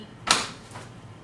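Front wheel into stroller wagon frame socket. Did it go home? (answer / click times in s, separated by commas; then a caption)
yes / 0.3 s. A front wheel axle is pushed into its plastic socket on a MUV Expedition 2 in 1 Stroller Wagon Pro frame and snaps in with one sharp, bright click at 0.3 s. A faint, softer tick follows near 0.7 s before quiet settles. The front wheel is seated and locked in place.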